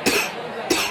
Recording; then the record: coughing mixed with background sound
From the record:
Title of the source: 64 coughing, allergies, singing lungs